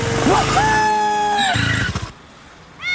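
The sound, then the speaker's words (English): A small Honda motor scooter engine buzzes and revs with a steady high whine as it is ridden around a village, cuts out after a short burst, goes quiet, then a rising tone starts up again at the end. “Isa sa mga paborito kong gawin, ride my Honda scooter around the village.”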